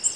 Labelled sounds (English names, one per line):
Nashville Warbler flight call